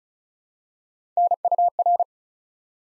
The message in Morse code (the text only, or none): NUR